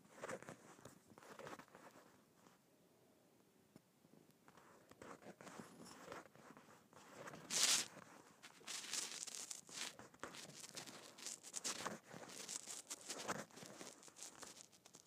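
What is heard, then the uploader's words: Bumpy leather is scratched in uneven bursts of dry, rasping strokes, quiet around four seconds, with a sharp, bright scrape near eight seconds. ASMR Scratching Bumpy Leather.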